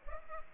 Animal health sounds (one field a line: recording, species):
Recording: mosquito wingbeat signal from an infrared sensor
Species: Culex pipiens